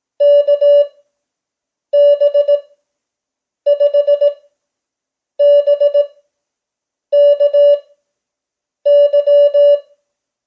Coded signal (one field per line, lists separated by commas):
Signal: Morse code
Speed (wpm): 18 wpm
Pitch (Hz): 580 Hz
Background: none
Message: KB5BKY